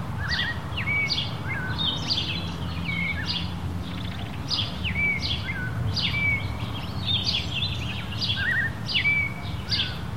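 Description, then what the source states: Birds sing short whistled phrases about every second, each ending in a clear level note, mixed with high chips and a constant wind rush. Countryside in Mexico, daytime, windy conditions.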